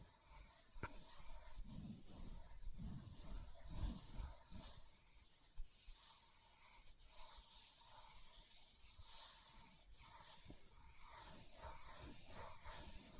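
Leather is scratched and rubbed in a steady, hissy rasp that runs the whole time, bright and dense. Soft muffled thumps cluster between about two and five seconds, and a few sharp taps stand out, near the start and around ten seconds.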